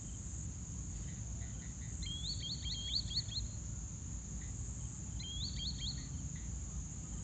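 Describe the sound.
Green Sandpiper calls: two bursts of high, clear whistled notes, each a quick run of three to five rising notes, about three seconds apart, over a steady low rumble.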